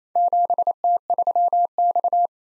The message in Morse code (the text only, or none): 7T3X